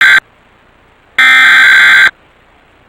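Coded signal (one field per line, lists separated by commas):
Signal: Emergency Alert System (SAME) tones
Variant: header bursts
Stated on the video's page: Child abduction emergency alert carried on a cable provider's system.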